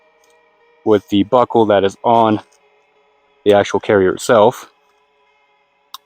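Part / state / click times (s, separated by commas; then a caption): side release buckle into plate carrier buckle / seated / 5.9 s. Someone talks while a cummerbund side release buckle on the rear bag strap kit is lined up with the mating buckle on the plate carrier and pushed together. After a pause, a single short, sharp click sounds at 5.9 s as the buckle seats into place.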